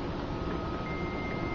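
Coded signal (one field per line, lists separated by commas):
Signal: 300-baud modem data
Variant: 300 baud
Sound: a steady mid-pitched modem tone, then a higher answering tone joins it, over hiss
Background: room noise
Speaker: hear the familiar modem tone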